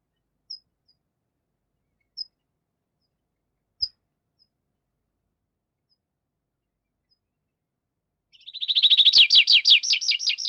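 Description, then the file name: Tree Pipit song: three sparse high notes spaced apart, then a fast, loud trilling series of repeated slurred notes at the end. "Animal Tree Pipit"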